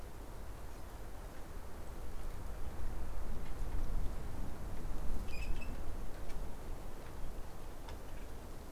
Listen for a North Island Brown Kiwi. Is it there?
no